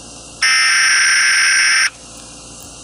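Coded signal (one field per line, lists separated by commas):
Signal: Emergency Alert System (SAME) tones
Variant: header bursts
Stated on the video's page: Fictional EAS scenario with simulated SAME alert tones, not a real alert.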